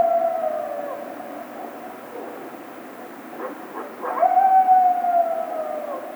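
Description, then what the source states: Coyote howls: a long falling howl trails off, then after a pause quick yips rise into another sustained, level howl. Howling, recorded 28 March 2010.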